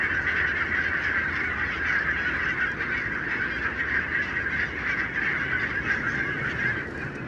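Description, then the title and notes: Barnacle goose: barnacle geese flock, thick unbroken chatter of short barking calls forming a steady roar. Flock of about 20,000 on wintering grounds in winter, Renesse, Netherlands, 12 January 2009; recorded with Nagra LB and Telinga P7. "Renesse - Pays-bas. 20 000 Bernache nonnette ( Branta leucopsis) en Hollande"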